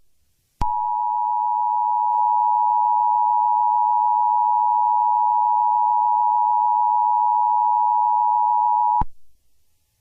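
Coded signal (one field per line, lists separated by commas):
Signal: Emergency Alert System (SAME) tones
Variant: 853 and 960 Hz attention tone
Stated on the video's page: Fictional EAS scenario with valid EAS tones, mixed with music.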